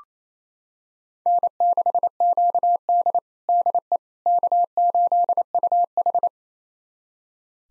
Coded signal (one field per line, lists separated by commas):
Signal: Morse code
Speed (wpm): 28 wpm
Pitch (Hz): 700 Hz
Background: none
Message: N6QD DE K8UH